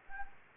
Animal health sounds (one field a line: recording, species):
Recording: mosquito wingbeat signal from an infrared sensor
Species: Anopheles gambiae